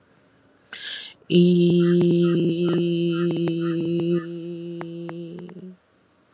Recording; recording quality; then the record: sustained vowel as in beet; excellent, no background noise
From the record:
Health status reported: healthy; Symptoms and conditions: none ticked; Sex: female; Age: 43 years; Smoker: not ticked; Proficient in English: yes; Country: India